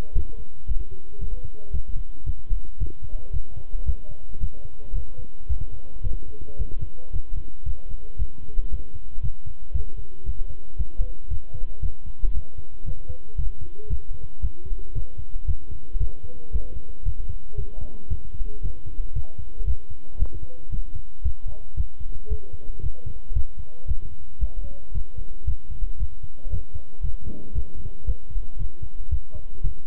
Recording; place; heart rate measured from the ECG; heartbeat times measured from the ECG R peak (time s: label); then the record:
heart sounds by stethoscope; between the tricuspid and mitral areas; 114 bpm
0.15 s: heartbeat
0.68 s: heartbeat
1.20 s: heartbeat
1.73 s: heartbeat
2.26 s: heartbeat
2.80 s: heartbeat
3.33 s: heartbeat
3.86 s: heartbeat
4.41 s: heartbeat
4.95 s: heartbeat
5.49 s: heartbeat
6.03 s: heartbeat
6.58 s: heartbeat
7.13 s: heartbeat
7.66 s: heartbeat
8.19 s: heartbeat
8.71 s: heartbeat
9.22 s: heartbeat
9.74 s: heartbeat
10.26 s: heartbeat
10.78 s: heartbeat
11.30 s: heartbeat
11.82 s: heartbeat
12.34 s: heartbeat
12.86 s: heartbeat
13.37 s: heartbeat
13.90 s: heartbeat
14.42 s: heartbeat
14.95 s: heartbeat
15.47 s: heartbeat
16.00 s: heartbeat
16.53 s: heartbeat
17.05 s: heartbeat
17.57 s: heartbeat
18.10 s: heartbeat
18.63 s: heartbeat
19.15 s: heartbeat
19.67 s: heartbeat
20.19 s: heartbeat
20.72 s: heartbeat
21.24 s: heartbeat
21.77 s: heartbeat
22.30 s: heartbeat
22.83 s: heartbeat
23.35 s: heartbeat
23.88 s: heartbeat
24.41 s: heartbeat
24.94 s: heartbeat
25.47 s: heartbeat
26.00 s: heartbeat
26.51 s: heartbeat
27.03 s: heartbeat
27.55 s: heartbeat
28.07 s: heartbeat
28.59 s: heartbeat
29.11 s: heartbeat
29.64 s: heartbeat
From the record:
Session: walking at 3.7 km/h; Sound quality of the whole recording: good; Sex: male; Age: 25 years